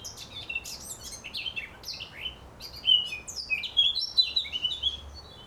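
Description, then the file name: Eurasian blackcap warbling: a rapid, varied run of high chirps, slurred whistles and twittering notes, over low rumbling background noise. "Sylvia atricapilla"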